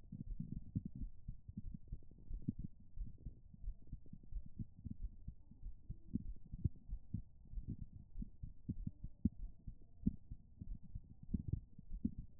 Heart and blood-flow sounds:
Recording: heart sounds by stethoscope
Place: pulmonary valve (PV)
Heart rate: 96 bpm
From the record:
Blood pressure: 119/86 mmHg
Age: 35 years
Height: 177 cm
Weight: 79 kg

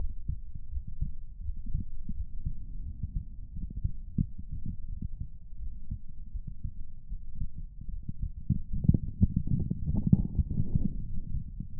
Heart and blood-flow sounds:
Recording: heart sounds by stethoscope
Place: pulmonary valve (PV)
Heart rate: 81 bpm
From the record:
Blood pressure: 117/76 mmHg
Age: 35 years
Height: 180 cm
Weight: 80 kg

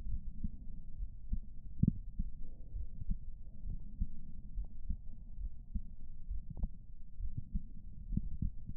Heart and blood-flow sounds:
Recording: heart sounds by stethoscope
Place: pulmonary valve (PV)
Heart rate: 67 bpm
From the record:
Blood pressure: 118/72 mmHg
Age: 56 years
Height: 145 cm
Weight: 55 kg

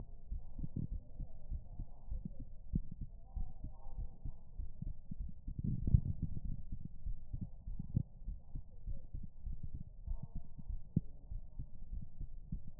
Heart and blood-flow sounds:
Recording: heart sounds by stethoscope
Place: pulmonary valve (PV)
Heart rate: 91 bpm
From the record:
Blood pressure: 105/74 mmHg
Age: 27 years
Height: 156 cm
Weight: 62 kg

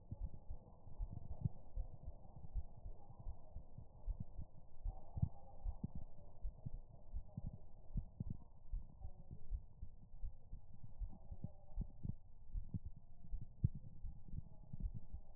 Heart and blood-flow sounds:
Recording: heart sounds by stethoscope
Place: pulmonary valve (PV)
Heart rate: 81 bpm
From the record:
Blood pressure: 102/55 mmHg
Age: 34 years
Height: 164 cm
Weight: 56 kg

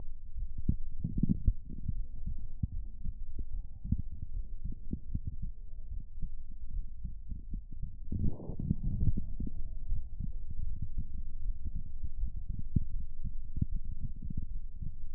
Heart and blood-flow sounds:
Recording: heart sounds by stethoscope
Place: pulmonary valve (PV)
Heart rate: 80 bpm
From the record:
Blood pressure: 128/78 mmHg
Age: 39 years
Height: 171 cm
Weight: 70 kg

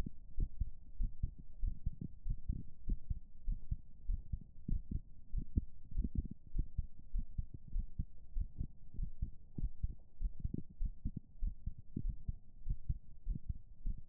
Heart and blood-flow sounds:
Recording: heart sounds by stethoscope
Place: pulmonary valve (PV)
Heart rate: 96 bpm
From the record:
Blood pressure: 114/79 mmHg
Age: 41 years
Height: 174 cm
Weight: 68 kg

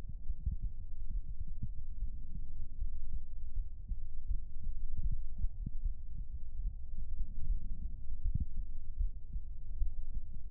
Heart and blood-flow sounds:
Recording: heart sounds by stethoscope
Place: pulmonary valve (PV)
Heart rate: 65 bpm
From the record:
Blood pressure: 106/76 mmHg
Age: 28 years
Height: 165 cm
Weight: 68 kg

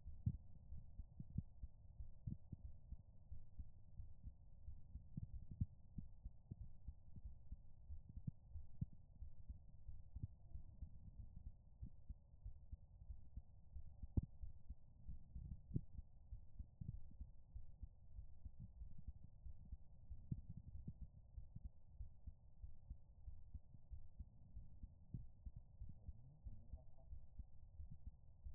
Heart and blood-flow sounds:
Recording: heart sounds by stethoscope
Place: pulmonary valve (PV)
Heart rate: 96 bpm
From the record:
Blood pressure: 118/78 mmHg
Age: 29 years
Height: 161 cm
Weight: 86 kg

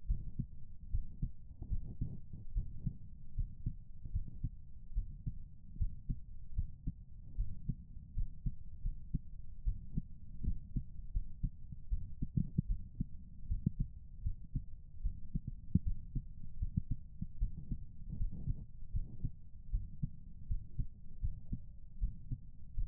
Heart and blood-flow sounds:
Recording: heart sounds by stethoscope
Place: pulmonary valve (PV)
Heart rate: 76 bpm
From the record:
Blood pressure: 135/85 mmHg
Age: 35 years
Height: 150 cm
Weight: 58 kg

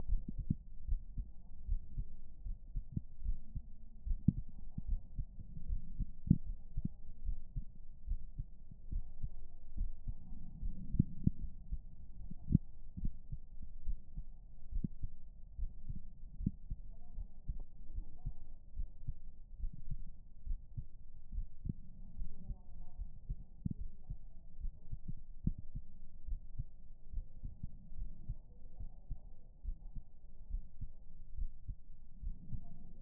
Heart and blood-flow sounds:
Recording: heart sounds by stethoscope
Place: pulmonary valve (PV)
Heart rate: 72 bpm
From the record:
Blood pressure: 113/82 mmHg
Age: 40 years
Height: 160 cm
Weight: 75 kg

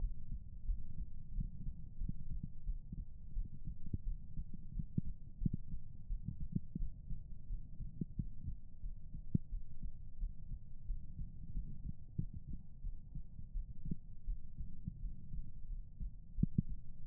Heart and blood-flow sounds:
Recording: heart sounds by stethoscope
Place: pulmonary valve (PV)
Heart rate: 89 bpm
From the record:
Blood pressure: 103/62 mmHg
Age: 21 years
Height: 149 cm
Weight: 50 kg

